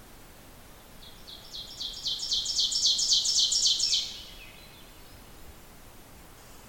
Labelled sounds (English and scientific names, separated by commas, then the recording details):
Ovenbird (Seiurus aurocapilla) song
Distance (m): 15 m
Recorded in boreal forest in Alberta, Canada, on 14 June 2016 at 06:04
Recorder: SongMeter 3, array SBT-3-33
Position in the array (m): 105 m, 21 m
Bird 21